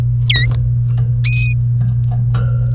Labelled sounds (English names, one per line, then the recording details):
Domestic Canary song
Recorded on 1 May 2018 at 15:31
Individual llb3